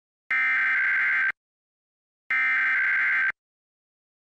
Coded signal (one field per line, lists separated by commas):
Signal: Emergency Alert System (SAME) tones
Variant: header bursts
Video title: Summer 2021 Emergency Alert System Test Grab Bag (Various Stations)